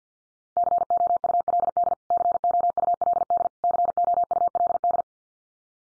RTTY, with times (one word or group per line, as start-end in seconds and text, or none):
none